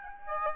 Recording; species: mosquito wingbeat signal from an infrared sensor; Aedes albopictus